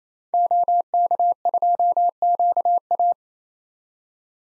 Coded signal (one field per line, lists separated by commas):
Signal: Morse code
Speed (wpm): 27 wpm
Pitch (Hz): 700 Hz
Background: none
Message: OK2QA